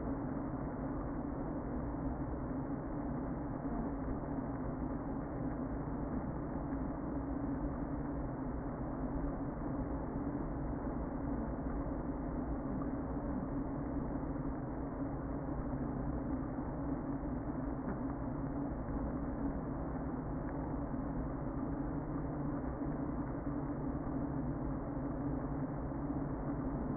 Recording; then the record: honeybee colony, microphone inside the hive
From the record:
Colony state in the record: queen present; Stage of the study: before two queens were removed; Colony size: about 60,000 bees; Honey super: yes